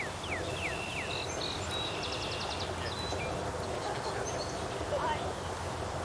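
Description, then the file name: Tree swallow twittering with short downward-slurred chirps and a quick series of clipped notes, over a low steady rumble. "Tachycineta bicolor"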